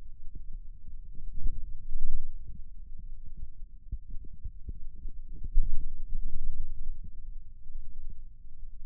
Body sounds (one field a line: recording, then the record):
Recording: forearm muscle sounds (acoustic myography)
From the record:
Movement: radial deviation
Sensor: system 2, bracelet of six BSWA MPA416 microphones around the upper forearm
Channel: 1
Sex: male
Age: 22 years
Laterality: right